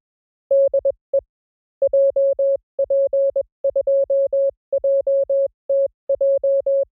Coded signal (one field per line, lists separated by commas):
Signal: Morse code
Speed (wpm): 21 wpm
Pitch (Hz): 550 Hz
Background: none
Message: DE JP2JTJ